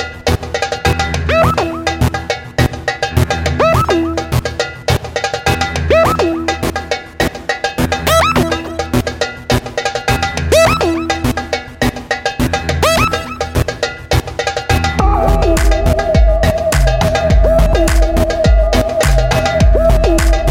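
Rising rockets: a whistling tone sweeps upward about every two and a half seconds over a dense, busy bed of steady tones and quick ticking hits. Near fifteen seconds the sound grows louder, with a held middle tone and heavier low rumble.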